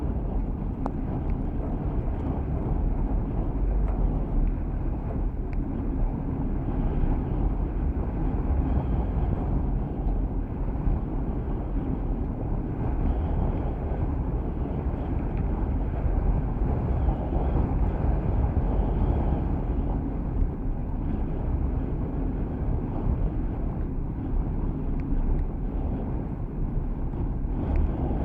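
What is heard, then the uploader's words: Wind resonating inside a flagpole, picked up by a contact microphone on a beach. A dense, steady low rumble and hum fills the whole clip at an even level, with faint brief ticks and knocks scattered through it and little high sound. Sounds inside a flagpole. Koggala beach, contact mic recording the resonance of the wind in a flagpole.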